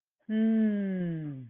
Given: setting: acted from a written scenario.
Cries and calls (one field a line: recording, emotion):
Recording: vocal sound without words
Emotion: confusion